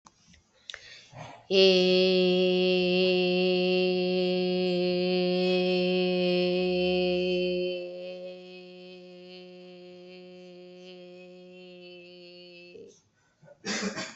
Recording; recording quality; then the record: sustained vowel as in made; excellent, no background noise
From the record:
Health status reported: COVID-19 positive, mild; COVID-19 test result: positive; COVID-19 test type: RT-PCR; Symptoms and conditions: cough, cold, sore throat, fever, fatigue, muscle pain, diabetes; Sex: female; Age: 49 years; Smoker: no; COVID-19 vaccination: both doses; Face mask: worn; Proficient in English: yes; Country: India